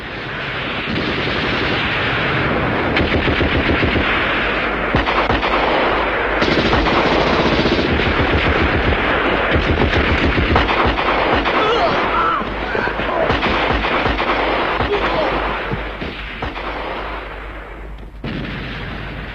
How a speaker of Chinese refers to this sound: 在滹沱河的下游赵庄，发生了一次地裂山崩的战斗，杀声、喊声、枪声、炮声响成了一锅，从拂晓打到黄昏，从黄昏打到天明，直打得硝烟漫地、火光冲天。